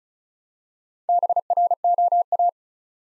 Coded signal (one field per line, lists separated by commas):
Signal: Morse code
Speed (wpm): 36 wpm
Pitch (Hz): 700 Hz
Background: none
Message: BROA